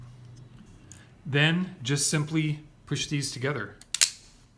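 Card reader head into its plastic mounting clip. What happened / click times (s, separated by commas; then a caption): The plastic clip snapped into place / 3.9 s, 4.0 s. Someone talks while pushing the Genmega KYTronics EMV card reader head assembly together with its plastic mounting clip. Sharp snaps are heard at 4.0 s and 4.0 s (3.95 s and 4.03 s) as the plastic reader head clip snaps into place, seating the reader head.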